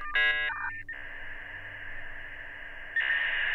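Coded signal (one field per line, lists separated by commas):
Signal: dial-up modem handshake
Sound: short buzzy multi-tone burst, chirpy warbling tones, then steady loud hiss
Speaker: the modem at your home had to First establish a connection with the modem at the internet service provider this was called the dialup modem handshake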